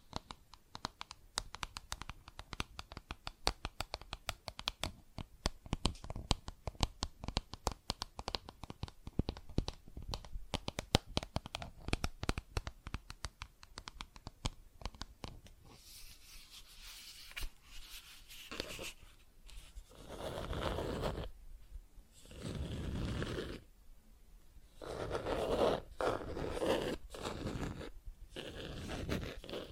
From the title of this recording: Plastic Objects Tapping and Scratching